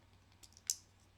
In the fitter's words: It snaps into place.